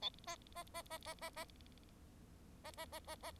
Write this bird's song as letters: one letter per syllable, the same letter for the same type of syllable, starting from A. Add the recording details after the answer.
A B B B B B B B B B B B B. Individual Bird4